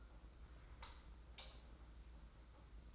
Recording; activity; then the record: daily activity, microphone in the room; light on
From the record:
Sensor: 3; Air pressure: 991.9 hPa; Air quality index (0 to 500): 221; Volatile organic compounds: 1000 ppm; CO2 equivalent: 7567 ppm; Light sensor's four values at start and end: 16/39/15/14 and 16/39/15/14